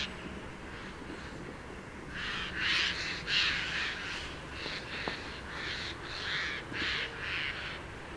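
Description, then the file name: Eurasian jay giving a rapid run of harsh, rasping screeches, starting after about two seconds and repeating roughly twice a second for the rest. "Garrulus glandarius"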